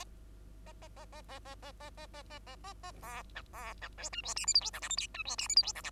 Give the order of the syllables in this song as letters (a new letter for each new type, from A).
A A A A A A A A A A A A A A B C B C D E F G H I J K L M N E F G H I J K L